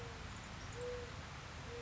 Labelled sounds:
Mourning Dove (Zenaida macroura)
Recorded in Sonoma County, California

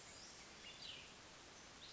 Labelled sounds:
Cassin's Vireo (Vireo cassinii)
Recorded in Sonoma County, California

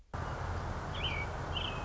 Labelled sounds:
American Robin (Turdus migratorius)
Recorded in Sonoma County, California

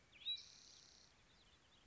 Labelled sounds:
Spotted Towhee (Pipilo maculatus)
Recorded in Sonoma County, California

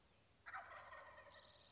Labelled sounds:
Wild Turkey (Meleagris gallopavo)
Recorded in Sonoma County, California

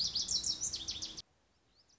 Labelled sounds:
Lazuli Bunting (Passerina amoena)
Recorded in Sonoma County, California

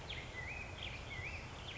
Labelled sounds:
Black-headed Grosbeak (Pheucticus melanocephalus)
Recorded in Sonoma County, California

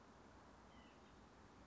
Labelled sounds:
White-breasted Nuthatch (Sitta carolinensis)
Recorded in Sonoma County, California

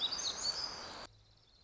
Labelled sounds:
Black-throated Gray Warbler (Setophaga nigrescens)
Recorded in Sonoma County, California

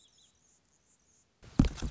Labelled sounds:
Anna's Hummingbird (Calypte anna)
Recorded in Sonoma County, California

